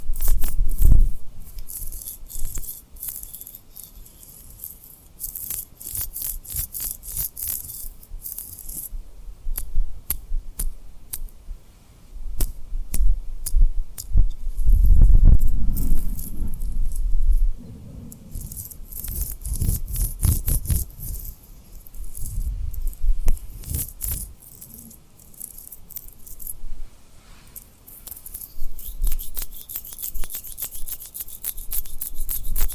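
Rhinestone tapping and rubbing: irregular clicks and taps in quick bursts, with scratchy rubbing, louder thumps around 15–22 seconds, and a steady hiss.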